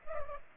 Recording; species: mosquito wingbeat signal from an infrared sensor; Culex pipiens